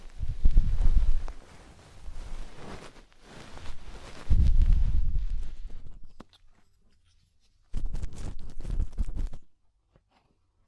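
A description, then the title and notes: Deep ear-cleaning sounds come in muffled, rumbling bursts of rubbing and crackly scratching, heaviest at the start and again around four to six seconds. A near-silent gap follows, then one more scratchy burst before the sound drops away near the end. ASMR DEEP Ear Penetrating Cleaning (No Talking).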